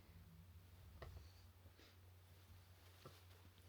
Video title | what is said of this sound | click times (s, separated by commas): 🧸Haul TEMU 🧸: vêtements, figurines, labubu, scrapbooking.... | Et donc voilà en fait comment elle se clipse. | 1.0 s